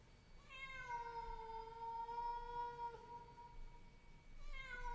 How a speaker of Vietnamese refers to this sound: Ngủ một giấc dài, tôi nghe có tiếng mèo kêu ở dưới tầng 1. Tiếng mèo kêu trong đêm, nghe não lòng kinh khủng.